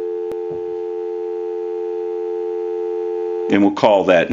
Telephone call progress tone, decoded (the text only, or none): dial tone